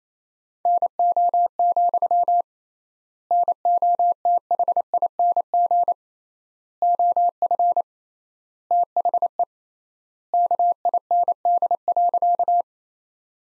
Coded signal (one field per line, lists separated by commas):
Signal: Morse code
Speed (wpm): 28 wpm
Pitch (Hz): 700 Hz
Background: none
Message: NO, NOTHING OF THE KIND.